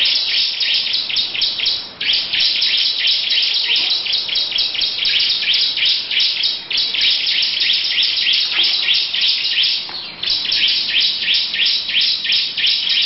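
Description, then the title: Lovebird pouring out a long run of rapid, shrill chirps in a steady chattering trill, with a few brief dips. Long "ngekek panjang" song. "Audio Lovebird Ngekek Panjang Ciblek"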